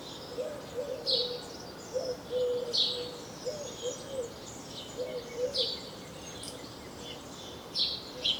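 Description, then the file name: House sparrow chirping, short bright notes repeated irregularly, with some lower soft notes also heard. "Passer domesticus"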